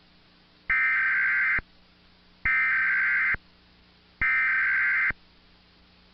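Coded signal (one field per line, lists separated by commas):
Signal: Emergency Alert System (SAME) tones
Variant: header bursts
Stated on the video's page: National EAS test received on a TV.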